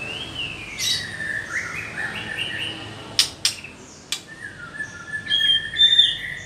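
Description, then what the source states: White-rumped shama, fainter, giving long drawn whistles and a few sharp clicks over steady background hiss, ending with brighter whistled notes. Female bird.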